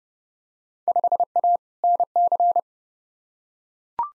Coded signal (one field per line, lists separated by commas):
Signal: Morse code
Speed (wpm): 30 wpm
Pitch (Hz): 700 Hz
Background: none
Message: 5A NC